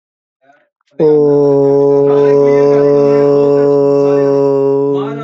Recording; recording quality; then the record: sustained vowel as in boot; excellent, no background noise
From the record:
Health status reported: healthy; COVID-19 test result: not tested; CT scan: not taken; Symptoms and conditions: none ticked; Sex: male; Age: 35 years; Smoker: no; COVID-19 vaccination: both doses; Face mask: not worn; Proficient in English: yes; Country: India